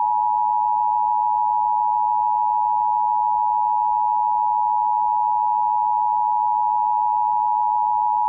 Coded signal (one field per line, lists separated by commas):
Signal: Emergency Alert System (SAME) tones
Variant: 853 and 960 Hz attention tone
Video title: EAS Required Monthly Test Arkansas/New Mexico +WeatherSTAR4000